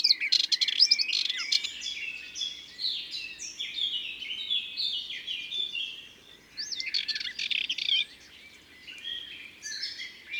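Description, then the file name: Sardinian warbler song, quick scratchy chatters and short whistled phrases in a busy run. Recorded in Ardèche, France. "Fauvette-Melanocephale-Concerts-Naturels-De-l Ardeche"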